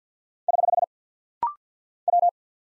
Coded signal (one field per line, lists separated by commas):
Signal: Morse code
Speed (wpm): 48 wpm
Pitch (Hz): 700 Hz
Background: none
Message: <HH> W